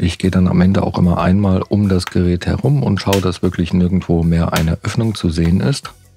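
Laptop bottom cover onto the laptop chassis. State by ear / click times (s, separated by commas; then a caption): not seated / none. The plastic bottom cover of a Lenovo ThinkPad T15 Gen. 1 laptop is being handled as it goes back onto the laptop chassis while someone talks throughout. No snaps are heard, and nothing has seated or clicked yet when the clip ends.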